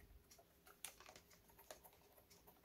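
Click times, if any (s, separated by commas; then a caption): 0.8 s. The main diagnostic cable connector is fitted to a Launch X431 Pro3S HD3 heavy-duty 12–24 V interface box and locked in place. A sharp lock click sounds at 0.8 s, surrounded by quieter plastic ticks and taps at about 1.1 s and 1.7 s, and the connector ends up seated.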